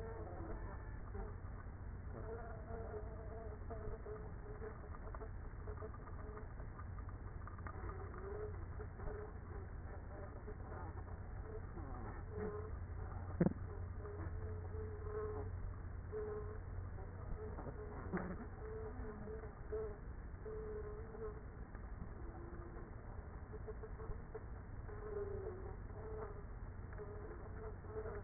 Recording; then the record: honeybee colony, microphone inside the hive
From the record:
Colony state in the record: queenless with a low population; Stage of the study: after two queens were removed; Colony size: about 30,000 bees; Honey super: no